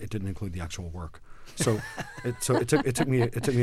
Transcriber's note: soundbite of laughter